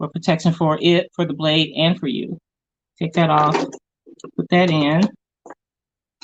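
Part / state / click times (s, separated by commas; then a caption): fabric blade holder into cutting machine carriage / seated / 6.2 s. Someone talks while a fabric blade holder, its protective cap taken off, is pushed into the tool carriage of a Brother cutting machine. A tiny, sharp click is heard at 6.2 s as the holder seats in the carriage.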